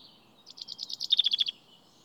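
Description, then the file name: Common chaffinch giving a quick trill of about a dozen short, high notes in one second, the later notes slightly lower and clearer, against a quiet background. "Fringilla coelebs"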